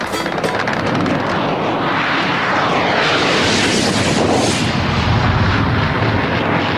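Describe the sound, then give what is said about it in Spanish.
Loud, continuous roar of English warplane engines sweeping overhead during an air attack on an open field, with sliding pitch shifts as planes pass, layered with heavy rumbling and crackling bursts like gunfire or explosions beneath. “Uno de los ataques de los aviones ingleses nos alcanzó en ese descampado en medio de la nada.”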